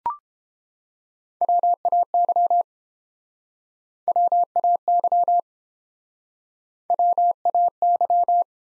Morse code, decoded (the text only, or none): WAY WAY WAY